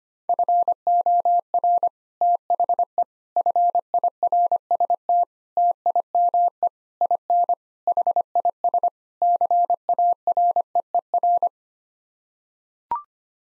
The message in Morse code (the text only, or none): FOR THE FIRST TIME IN HIS CAREER